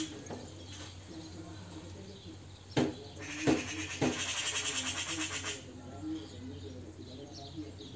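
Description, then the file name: Eurasian magpie harsh chatter, one rattling burst with a few sharp knocks near its start, with a low hum underneath. "Pica pica"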